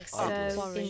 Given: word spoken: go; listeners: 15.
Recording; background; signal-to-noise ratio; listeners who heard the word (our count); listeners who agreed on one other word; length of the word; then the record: one English word in noise, from a listening test; four-talker babble; 0.2 dB; 2 of 15; 6 of 15; 0.50 s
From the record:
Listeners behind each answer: 6, 2, 1, 1, 1, 1, 1, 1, 1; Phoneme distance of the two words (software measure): 10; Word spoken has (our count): 1 syllable, 2 phonemes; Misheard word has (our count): 1 syllable, 2 phonemes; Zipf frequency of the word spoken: 6.43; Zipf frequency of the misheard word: 3.36